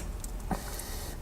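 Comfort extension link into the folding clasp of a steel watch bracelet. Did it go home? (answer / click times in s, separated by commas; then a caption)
yes / 0.5 s. The 5 mm comfort extension link on the folding clasp of a Rolex Yacht-Master 40 (116622, blue, platinum bezel, stainless steel Oyster bracelet) is pushed from its extended outward position back inward. The link is there for hot days when the wrist swells. Softer ticks come at about 0.2 s and 0.8 s, and a sharp snap at 0.5 s marks the link seating and locking back in.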